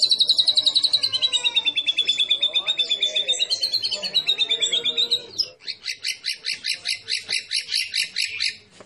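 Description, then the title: White-rumped shama song: a long, rapid, slightly wavering trill lasting five seconds, then a series of evenly repeated, sharper notes. Champion white-rumped shama; masteran, a training recording for songbirds to learn from. "Masteran Murai Batu Juara"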